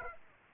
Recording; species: mosquito wingbeat signal from an infrared sensor; Aedes aegypti